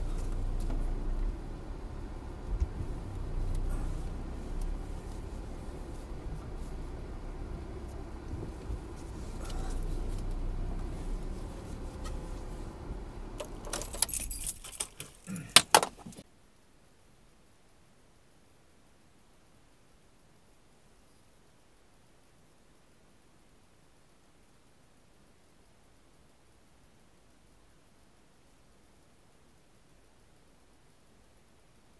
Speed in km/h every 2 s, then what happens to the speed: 0, 0, 0, 0, 0, 0, 0, 0, 0, 0, 0, 0, 0, 0, 0, 0.
0-32 standing.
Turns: none.